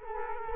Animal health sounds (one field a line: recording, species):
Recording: mosquito wingbeat signal from an infrared sensor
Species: Culex quinquefasciatus